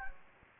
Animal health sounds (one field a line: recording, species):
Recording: mosquito wingbeat signal from an infrared sensor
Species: Anopheles gambiae